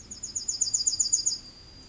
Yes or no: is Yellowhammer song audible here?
yes